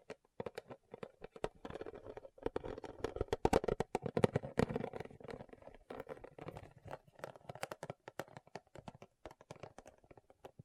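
Rhinestones being tapped and scratched make a fast, irregular run of sharp clicks and crisp ticks that lasts the whole clip. A rough, gritty scratching underlies the taps, thickest around the middle. Later the clicks come more sparsely and evenly.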